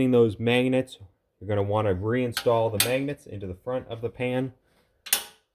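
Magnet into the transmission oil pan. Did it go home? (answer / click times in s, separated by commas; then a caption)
yes / 5.1 s. Someone talks while a magnet is reinstalled at the front of the metal transmission fluid pan of a Mercedes 722.9 7G-Tronic transmission. The magnet is pressed back into its spot and seats with a sharp snap at about 5.1 s, followed by a second quick transient at 5.1 s. The magnet is confirmed seated in the pan.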